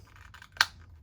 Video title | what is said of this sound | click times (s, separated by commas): DC Multiverse The Suicide Squad wave Review plus some comparisons next to STARRO SPORES | Okay, you hear that clicking? It's in. | 0.6 s